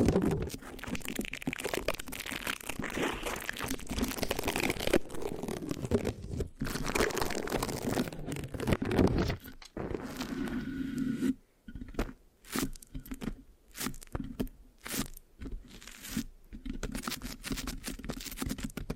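Dense crunchy scratching and sticky tearing sounds against the mic fill the first ten seconds, then break into choppier bursts separated by brief silences.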